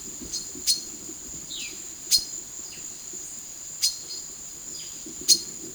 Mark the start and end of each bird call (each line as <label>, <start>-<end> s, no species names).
bird call, 0.62-0.85 s
bird call, 1.38-1.74 s
bird call, 2.04-2.31 s
bird call, 2.67-3.11 s
bird call, 3.75-4.16 s
bird call, 4.65-5.50 s